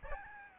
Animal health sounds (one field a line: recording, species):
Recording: mosquito wingbeat signal from an infrared sensor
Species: Aedes albopictus